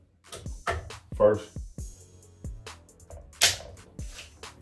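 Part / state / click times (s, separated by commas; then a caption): torque wrench on rifle action screw into stock / torque reached / 3.4 s. A torque wrench tightens the first action screw of a bolt-action rifle back down into the stock, set to 65 lbs. Someone talks while the wrench turns, and it gives one sharp click at about 3.4 s, confirming the screw has reached its torque setting.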